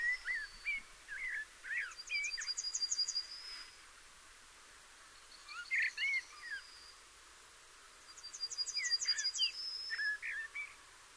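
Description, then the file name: Eurasian blackbird song: low fluty warbled phrases with thin, high twittering flourishes, three phrases with pauses between. "Turdus merula"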